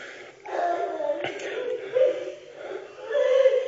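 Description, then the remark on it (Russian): A person crying in a wavering, high-pitched whimper that rises and falls for several seconds, with a brief click partway through and the sobbing swelling louder toward the end. “Кто там плачет?”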